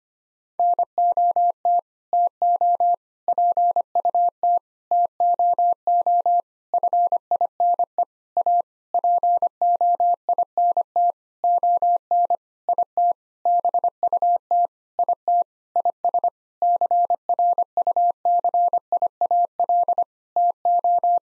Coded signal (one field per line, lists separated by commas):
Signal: Morse code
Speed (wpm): 25 wpm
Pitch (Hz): 700 Hz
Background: none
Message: NOT TO PUT TOO FINE A POINT ON IT BUT IT IS CRUCIAL TO